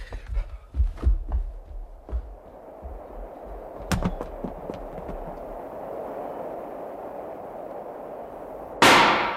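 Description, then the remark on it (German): A sharp, loud warning gunshot cracks out on board a ship over a low rumbling background, preceded by several softer thuds and followed near the end by a sudden burst of hissing noise. No one speaks. “Das war ein Warnschuss.”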